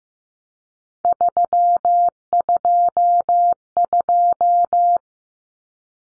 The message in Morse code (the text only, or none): 322